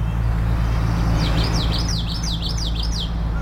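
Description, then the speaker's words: Common Yellowthroat singing a rapid run of high, wavy notes over a steady low hum. Twitchy song in a live marsh soundscape during a 24-hour Earth Day broadcast, Saturna Island, British Columbia, Canada, at 9:30 on April 22, 2026. "Those are the sounds of the twitchy, twitchy song of the common yellowthroat."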